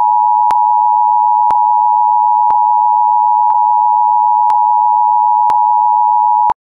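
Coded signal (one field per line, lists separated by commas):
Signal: Emergency Alert System (SAME) tones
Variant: 853 and 960 Hz attention tone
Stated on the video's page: Simulated Required Monthly Test on a made-up TV station.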